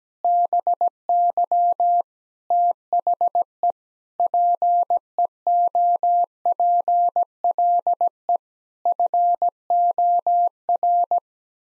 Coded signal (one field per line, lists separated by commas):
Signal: Morse code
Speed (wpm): 17 wpm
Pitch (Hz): 700 Hz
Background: none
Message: BY THE PEOPLE FOR